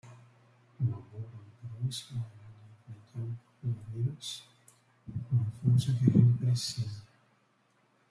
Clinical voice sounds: spoken sentence; Brazilian Portuguese; male; 30 to 39 years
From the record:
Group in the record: control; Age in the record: 38 years

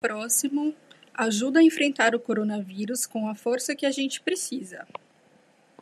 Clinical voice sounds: spoken sentence; Brazilian Portuguese; female; 30 to 39 years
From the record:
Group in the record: control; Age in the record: 35 years

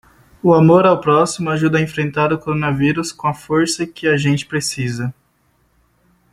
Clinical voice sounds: spoken sentence; Brazilian Portuguese; male; 20 to 29 years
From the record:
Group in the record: control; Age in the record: 21 years

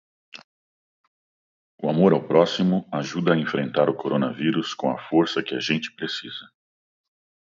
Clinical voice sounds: spoken sentence; Brazilian Portuguese; male; 50 to 59 years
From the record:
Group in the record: control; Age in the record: 59 years

